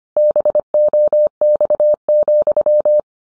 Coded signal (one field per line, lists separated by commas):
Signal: Morse code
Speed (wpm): 25 wpm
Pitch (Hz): 600 Hz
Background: none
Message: BOX,